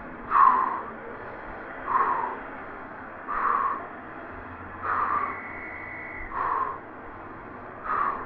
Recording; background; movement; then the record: deep breathing; traffic; sitting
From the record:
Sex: male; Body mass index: 22.0 kg/m2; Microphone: on the chest, facing the body